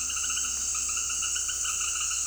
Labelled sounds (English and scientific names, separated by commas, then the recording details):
none
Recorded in dense forest near Puerto Asís, Putumayo, Colombia, on 20 February 2024 at 18:00
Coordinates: 0.485, -76.318
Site G6408